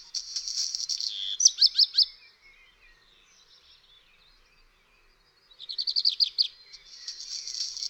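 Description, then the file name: Black redstart singing a hissing, scratchy passage that ends in a short series of sharp, high notes, then a quiet gap before another rapid, rattling phrase. "Kopciuszek"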